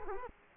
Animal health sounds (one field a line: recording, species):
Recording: mosquito wingbeat signal from an infrared sensor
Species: Culex quinquefasciatus